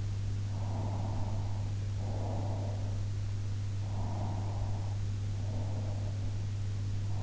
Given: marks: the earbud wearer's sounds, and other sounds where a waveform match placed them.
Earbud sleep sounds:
sounds in sleep by an in-ear microphone; breath
0.61-2.65 s: breath
3.86-6.08 s: breath

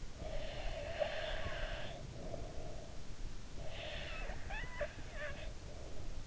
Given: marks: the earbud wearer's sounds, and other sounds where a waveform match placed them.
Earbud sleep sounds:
sounds in sleep by an in-ear microphone; breath
0.00-3.17 s: breath
3.60-6.23 s: breath

